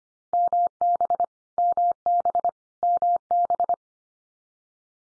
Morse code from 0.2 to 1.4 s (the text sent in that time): MB